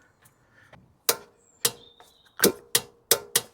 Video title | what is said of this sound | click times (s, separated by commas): Land Rover Discovery 3 Lower Front Left Suspension Arm (Wishbone) Replacement - 4K Hi-Res | Nice positive click. Click click. | 1.1 s, 2.8 s, 3.1 s